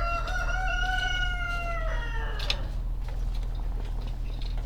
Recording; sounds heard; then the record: poultry house recording; sick chickens (respiratory disease)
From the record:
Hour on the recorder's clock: 17